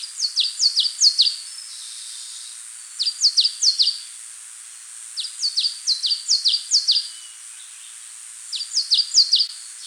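Spot-winged tit song: high, thin, rapidly repeated downslurred notes delivered in four short bursts every few seconds over a constant high-pitched hiss.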